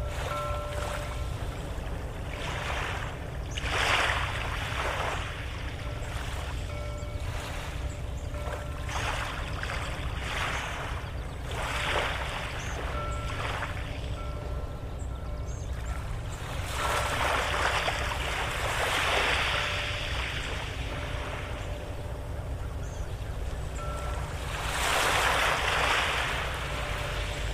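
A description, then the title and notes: Water laps and splashes by a dock over a steady low rumble, with soft sloshing bursts every few seconds and thin faint tones. Soothing Water Sounds by Dock.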